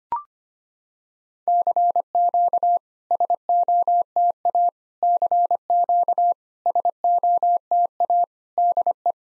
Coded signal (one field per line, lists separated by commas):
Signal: Morse code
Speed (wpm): 25 wpm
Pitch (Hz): 700 Hz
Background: none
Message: CQ SOTA CQ SOTA DE